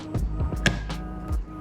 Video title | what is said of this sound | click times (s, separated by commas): The Greyzone Warfare build: EMG DDM4 PDW | There we go. And it clicks into place there. | 0.7 s